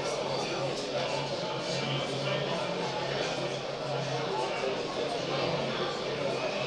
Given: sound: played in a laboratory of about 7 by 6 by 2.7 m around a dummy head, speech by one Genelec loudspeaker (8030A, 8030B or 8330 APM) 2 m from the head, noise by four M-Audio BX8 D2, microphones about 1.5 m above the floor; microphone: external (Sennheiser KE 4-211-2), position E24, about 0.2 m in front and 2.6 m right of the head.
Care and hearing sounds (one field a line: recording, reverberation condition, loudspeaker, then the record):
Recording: cafeteria noise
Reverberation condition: medium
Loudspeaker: four, about 170 cm from the corners of the room and facing them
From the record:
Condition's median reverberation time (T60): about 510 ms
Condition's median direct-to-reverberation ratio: about -0.5 dB